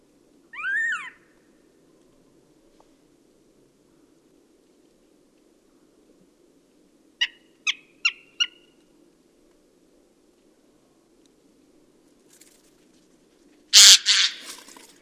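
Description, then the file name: Eurasian jay calling: one call at the start, then a quick run of four sharp ticks, and near the end a loud, harsh rasping screech over a low steady hum. "Garrulus glandarius"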